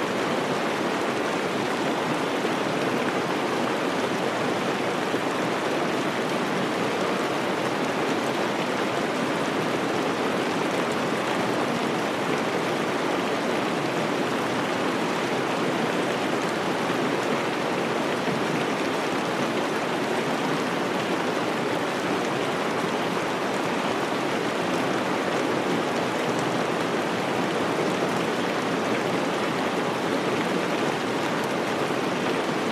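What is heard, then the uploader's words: Steady rain falls without a break, a dense hiss spread from low rumble up to bright, fine spatter. The level holds constant across the whole stretch, with a rushing quality much like running water and no distinct separate events. Sleep Sounds Rain No Thunder.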